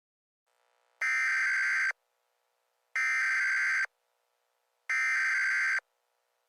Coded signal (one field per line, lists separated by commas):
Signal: Emergency Alert System (SAME) tones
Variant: header bursts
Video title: EAS Mock #26 : Hot/Warm Breeze